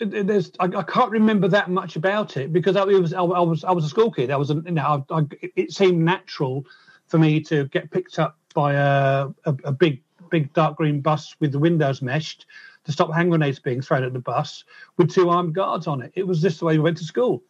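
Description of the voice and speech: A man, a professional musician, speaks conversationally with repeated words and syllables such as "I, I", "was I was" and "a, a, a", a drawn-out filler and short pauses before words. These are mild stuttering repetitions in an adult whose stammer began after a traumatic event in early childhood and continued well into adulthood.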